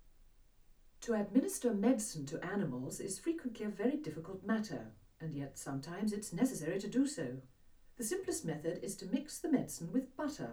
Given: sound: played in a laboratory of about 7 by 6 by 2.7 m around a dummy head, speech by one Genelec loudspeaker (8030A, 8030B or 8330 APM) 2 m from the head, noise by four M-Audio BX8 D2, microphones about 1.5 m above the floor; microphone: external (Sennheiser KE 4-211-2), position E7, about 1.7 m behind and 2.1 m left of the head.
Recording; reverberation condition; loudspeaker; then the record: female speech in English; low; 90 degrees to the right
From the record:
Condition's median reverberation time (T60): about 310 ms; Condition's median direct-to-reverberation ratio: about 3.5 dB